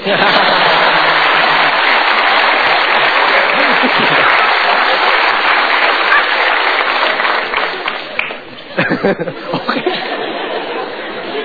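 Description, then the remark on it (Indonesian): A studio audience claps loudly in a dense, sustained burst of applause, with some chatter and light laughter mixed in, thinning out into scattered claps near the end. “si sudah lihat damai sampai lupa tepuk tangan.”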